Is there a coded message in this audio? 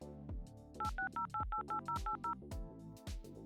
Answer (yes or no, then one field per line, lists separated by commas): yes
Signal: DTMF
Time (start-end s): 0.8-2.3 s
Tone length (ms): 120 ms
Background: music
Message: 860888080